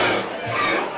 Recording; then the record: coughing mixed with background sound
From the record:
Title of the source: Cough Around the Clock!